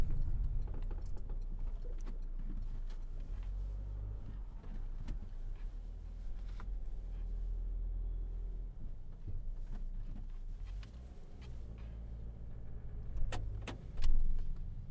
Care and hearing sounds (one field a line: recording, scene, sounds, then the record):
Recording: everyday scene through a hearing-aid microphone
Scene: in a vehicle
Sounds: engine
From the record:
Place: Berlingo II, diesel engine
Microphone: behind the ear, right, rear